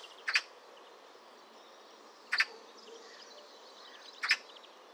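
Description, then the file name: Eurasian magpie giving three harsh, rasping double chak calls about two seconds apart. "Pica pica"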